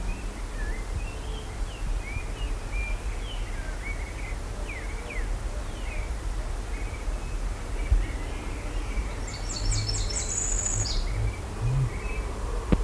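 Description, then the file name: Bird calls: scattered thin sweeping chirps early on, then a brief high rapid trill toward the end, over a continuous low rumble. "SABIOD 50 bird 2015"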